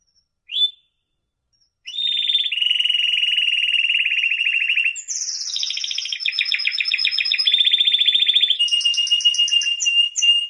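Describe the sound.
Domestic canary song: a brief chirp, then long sustained rolling trills that change speed and pitch from phrase to phrase, with high whistled notes at the close.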